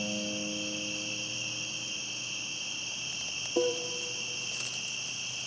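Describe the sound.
Cricket trilling steadily at a high pitch throughout, while faint low tones fade early and a single short note sounds past the midpoint.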